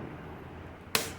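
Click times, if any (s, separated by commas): 1.0 s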